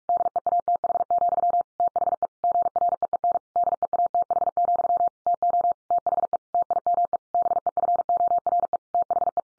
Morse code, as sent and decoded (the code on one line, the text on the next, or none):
-.. . .- - .... --..-- / - .... . / --. .-. . . -. / -.. . .- - .... --..-- / - --- / - .... . / - .. -- . / -... . ..-. --- .-. . / - .... .
DEATH, THE GREEN DEATH, TO THE TIME BEFORE THE